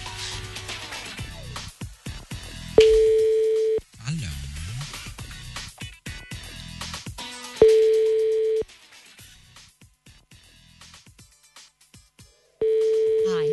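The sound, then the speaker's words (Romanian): A phone's ringback tone sounds three times, each a steady, mid-pitched hum lasting about a second, spaced several seconds apart, while people talk in between the rings. “Ia vezi, a scris că nu răspunde la telefon în perioada asta, că îl deranjează.”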